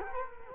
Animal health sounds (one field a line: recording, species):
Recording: mosquito wingbeat signal from an infrared sensor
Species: Culex quinquefasciatus